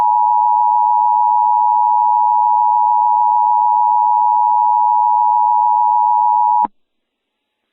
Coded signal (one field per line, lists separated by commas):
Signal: Emergency Alert System (SAME) tones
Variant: 853 and 960 Hz attention tone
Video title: EAS Mock: Moon Apocalypse